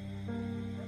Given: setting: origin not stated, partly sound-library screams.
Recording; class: one-second piece from a danger detection set; normal situation